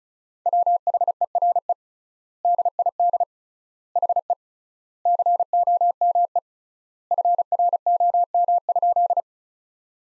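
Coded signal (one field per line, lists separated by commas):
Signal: Morse code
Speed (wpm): 36 wpm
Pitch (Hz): 700 Hz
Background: none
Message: WHERE DID HE COME FROM?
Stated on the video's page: Practice sentences from the top 200 words at 35 wpm with 3x standard word spacing, a Farnsworth-like method for head-copy training.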